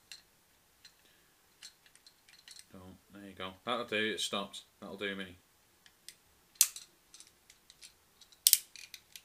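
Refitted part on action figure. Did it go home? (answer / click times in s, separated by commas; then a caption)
yes / 8.5 s. A refitted part on a G1 Galvatron action figure is put back on and turned hand tight with finger and thumb while someone talks, with small handling ticks throughout. A sharp click at 8.5 s shows the part has seated.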